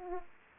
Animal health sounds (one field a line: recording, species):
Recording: mosquito wingbeat signal from an infrared sensor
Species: Aedes aegypti